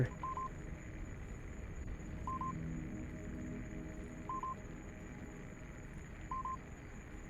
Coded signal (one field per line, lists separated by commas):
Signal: none